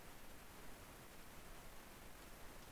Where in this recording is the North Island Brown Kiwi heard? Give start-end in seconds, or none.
none